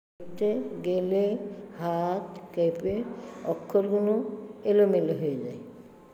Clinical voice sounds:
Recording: elicited speech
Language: Bengali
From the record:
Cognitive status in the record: dementia

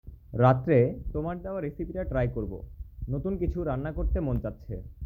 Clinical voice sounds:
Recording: elicited speech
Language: Bengali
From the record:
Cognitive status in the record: cognitively healthy

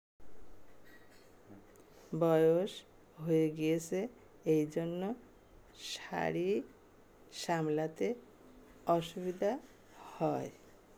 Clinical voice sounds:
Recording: elicited speech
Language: Bengali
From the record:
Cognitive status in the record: dementia

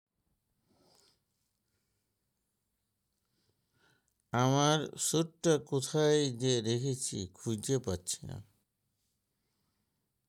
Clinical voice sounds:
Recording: elicited speech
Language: Bengali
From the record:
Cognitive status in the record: dementia

